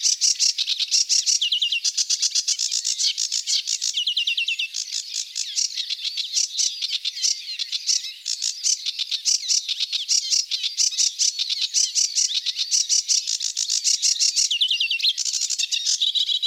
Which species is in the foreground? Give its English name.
Sedge Warbler